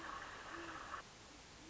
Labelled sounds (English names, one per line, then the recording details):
Great Horned Owl
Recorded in Sonoma County, California